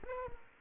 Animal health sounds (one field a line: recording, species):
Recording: mosquito wingbeat signal from an infrared sensor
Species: Aedes aegypti